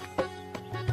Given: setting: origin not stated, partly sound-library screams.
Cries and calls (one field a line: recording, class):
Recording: one-second piece from a danger detection set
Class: normal situation